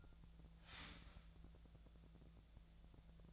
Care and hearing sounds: daily activity, microphone in the room; start toaster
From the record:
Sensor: 3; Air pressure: 1000.2 hPa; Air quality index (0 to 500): 154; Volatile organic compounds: 3 ppm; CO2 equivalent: 1356 ppm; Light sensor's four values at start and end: 38/97/41/44 and 38/97/41/44

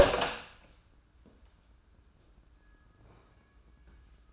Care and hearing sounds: daily activity, microphone in the room; open door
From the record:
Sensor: 2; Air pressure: 994.2 hPa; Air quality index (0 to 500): 208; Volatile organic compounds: 1000 ppm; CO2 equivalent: 6920 ppm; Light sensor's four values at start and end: 103/245/103/107 and 103/246/103/107

